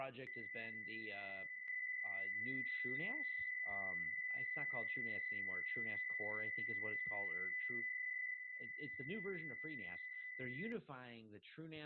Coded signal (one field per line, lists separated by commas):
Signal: PSK63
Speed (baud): 62.5 baud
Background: speech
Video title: Build your own multilevel security e2ee Text Messaging app with Gstreamer, ZeroTier & FLdigi